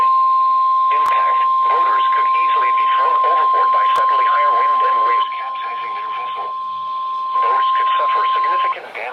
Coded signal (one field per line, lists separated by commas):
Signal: Emergency Alert System (SAME) tones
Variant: 1050 Hz attention tone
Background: speech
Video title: EAS Special Marine Warning #7 (From LWX) 7/9/25 (Credit Goes To @SouthernPennsylvaniaWX)